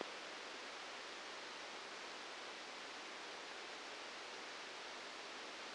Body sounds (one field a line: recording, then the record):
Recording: brain microelectrode recording played as sound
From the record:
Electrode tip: outside the subthalamic nucleus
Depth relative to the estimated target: -6 mm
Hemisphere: right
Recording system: NeuroSet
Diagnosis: Parkinson's disease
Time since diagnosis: 8 years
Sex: male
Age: 59 years